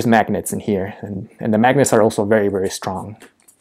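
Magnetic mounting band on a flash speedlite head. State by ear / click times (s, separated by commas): not seated / none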